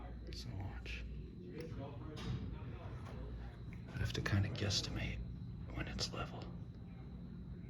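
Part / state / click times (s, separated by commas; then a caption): hoistway door lock on a manual elevator landing door / not seated / none. An operator levels a manual 1936 ECA service elevator car with the floor by estimating when it is level, working toward the hoistway door lock on the landing door, while someone talks softly over a low, steady hum. Nothing has clicked or seated yet; the hoistway door lock has not engaged by the end of the clip.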